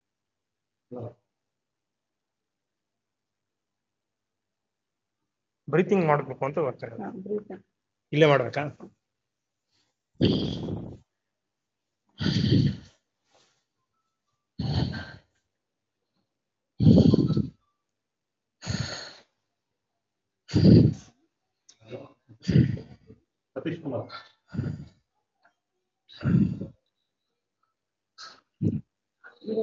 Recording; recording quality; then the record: shallow breathing; excellent, no background noise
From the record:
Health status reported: COVID-19 positive, mild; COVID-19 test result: positive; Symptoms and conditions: cough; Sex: male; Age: 36 years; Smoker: not ticked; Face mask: worn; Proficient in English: yes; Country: India